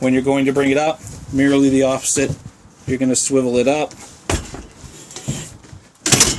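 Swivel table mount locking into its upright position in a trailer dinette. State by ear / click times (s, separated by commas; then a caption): seated / 6.1 s. Someone talks while swiveling the dinette table mount of a 2015 R-pod 177 trailer back up from the bed position into its upright position. A loud sharp knock at 6.1 s marks the table locking in place, so it is seated.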